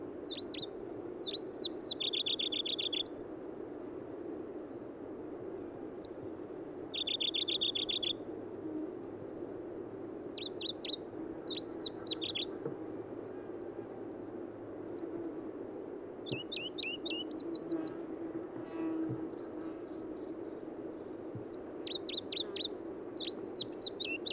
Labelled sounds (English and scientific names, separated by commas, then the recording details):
Pallas's Leaf Warbler (Phylloscopus proregulus) song
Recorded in the wild
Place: Dzhalmyn, MN
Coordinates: 48.166, 107.736
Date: 1979-06-10
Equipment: Nagra III BH, Sennheiser MD 21, parabola
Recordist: Schubert, Michael
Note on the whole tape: Spontangesang Goldhähnchenlaubsänger